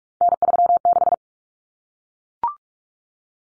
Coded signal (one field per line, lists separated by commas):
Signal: Morse code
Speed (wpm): 44 wpm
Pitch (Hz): 700 Hz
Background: none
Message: N36